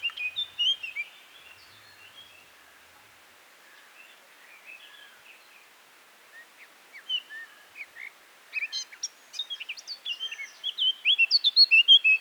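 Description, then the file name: Eurasian blackcap song: soft warbled notes at first, a quieter stretch, then a scratchy chattering passage building to louder, squeaky phrases at the end. "Sylvia atricapilla"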